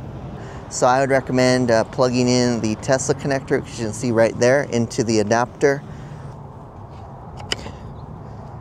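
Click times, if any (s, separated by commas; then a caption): 7.5 s. Someone talks, then a Tesla charging connector is pushed into a NACS-to-CCS adapter for charging a Kia EV6 at a Tesla Supercharger. A single sharp click is heard at 7.5 seconds over a low outdoor background as the connector seats in the adapter.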